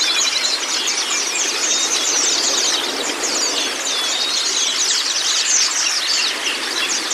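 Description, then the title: White-eye song: busy, high-pitched twittering in a continuous stream, with quick chirps and a few clear whistled notes mixed through a steady background hiss. Training recording (masteran) of white-eye (pleci kacamata si putih) song, meant to get a silent (bisu) pleci singing constantly (gacor). "mster Mnuk. Terapi Pleci Bisu Menjadi Gacor Abis. Masteran Pleci Kacamata Si Putih"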